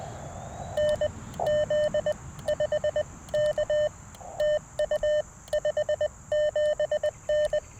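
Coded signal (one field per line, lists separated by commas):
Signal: Morse code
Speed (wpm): 20 wpm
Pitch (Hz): 600 Hz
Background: none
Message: NZ5K TU 57N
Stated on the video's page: QRP CW Parks on the Air activation with a Xiegu G106, Modern Morse paddles and Chelegance JPC-12 antenna.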